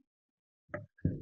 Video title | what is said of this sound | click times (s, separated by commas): Change Blade on Festool TS 55 FEQ-F-Plus-FS! Step-by-Step Guide for Woodworkers” | The saw locks in place automatically and thanks to the fast fix system, | 0.7 s